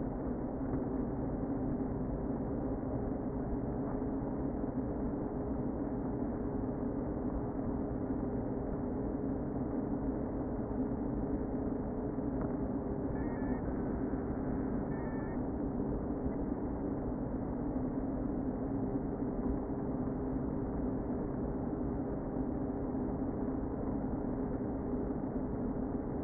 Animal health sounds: honeybee colony, microphone inside the hive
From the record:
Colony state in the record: queen present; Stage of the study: before two queens were removed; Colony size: about 60,000 bees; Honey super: yes

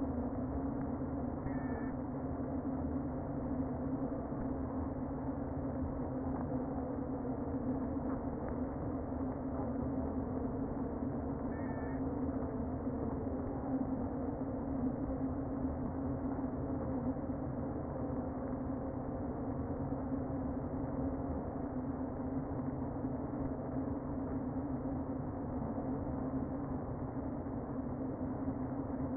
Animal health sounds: honeybee colony, microphone inside the hive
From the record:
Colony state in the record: queen present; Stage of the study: before two queens were removed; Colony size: about 60,000 bees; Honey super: yes

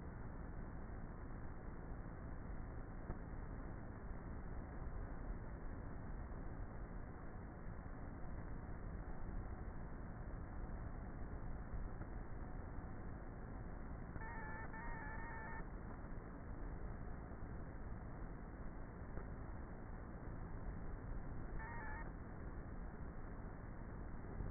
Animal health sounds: honeybee colony, microphone inside the hive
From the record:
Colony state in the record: queenless with a low population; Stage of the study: before two queens were removed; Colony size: about 30,000 bees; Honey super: no

